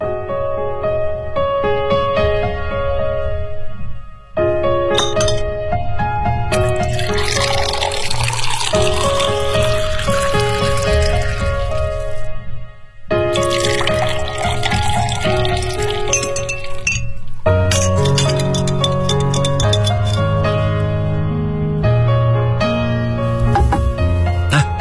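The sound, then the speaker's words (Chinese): A cocktail called Gypsy Queen being mixed from vodka, French vermouth, bitter orange liqueur and ice: liquor pours steadily over ice, with repeated glassy clinks and splashes across the whole stretch, broken by two brief pauses. No one speaks. “这是你的鸡尾酒，它是由沃德卡、法国郎酒、苦橙酒和冰块调成的，名字叫做吉普赛女王。”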